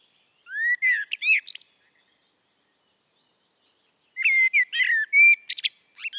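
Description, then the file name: Common blackbird song: rising whistled slurs and high squeaks, a soft faint stretch, then another lively burst of varied twittering notes. "Turdus merula"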